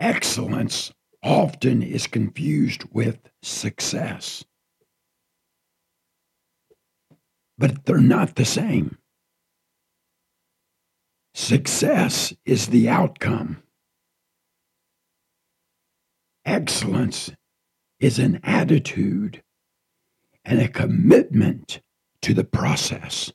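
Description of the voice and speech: Man speaks in short phrases with long pauses in a raspy, rough, creaky voice: dysphonia after partial laryngectomy, as cancer took half of his voice box.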